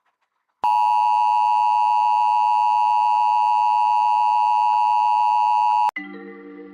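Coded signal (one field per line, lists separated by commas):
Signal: Emergency Alert System (SAME) tones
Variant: 853 and 960 Hz attention tone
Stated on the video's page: Live IPTV stream alert generated by a DASDEC unit, with valid EAS tones.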